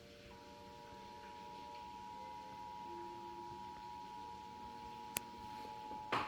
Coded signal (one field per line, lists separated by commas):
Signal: Emergency Alert System (SAME) tones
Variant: 853 and 960 Hz attention tone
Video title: New Flash Flood Warning on TV | EAS #137